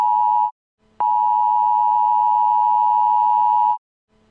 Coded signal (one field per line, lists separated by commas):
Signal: Emergency Alert System (SAME) tones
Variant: 853 and 960 Hz attention tone